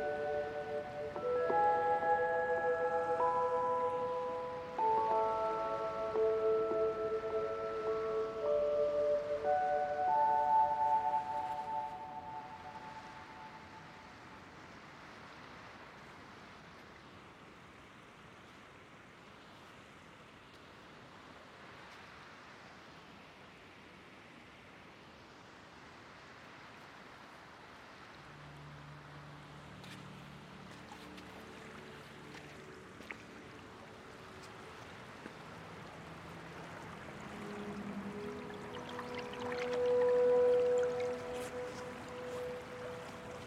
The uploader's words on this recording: Recorded at Seaside Cove on The Oregon Coast.